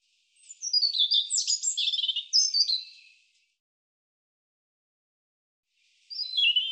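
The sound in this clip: European robin song: a rich, rapid run of high sliding whistles and trills for nearly three seconds, followed by silence and the start of another phrase.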